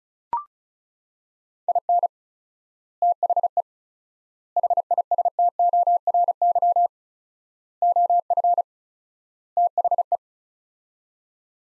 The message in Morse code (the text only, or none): IN THE HISTORY OF THE